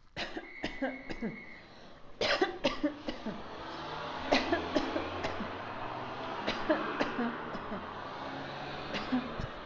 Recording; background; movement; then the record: voluntary coughing; traffic; walking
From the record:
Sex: female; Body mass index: 25.5 kg/m2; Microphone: on the chest, facing outward